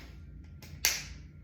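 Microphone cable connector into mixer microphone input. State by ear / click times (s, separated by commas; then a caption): seated / 0.8 s. A corded microphone's cable connector is plugged into the mixer's corded microphone input. Two faint taps at 0.4 and 0.6 seconds lead into a sharp, loud snap-like hit at 0.9 seconds that rings off briefly. The connector seats with a click at 0.9 seconds.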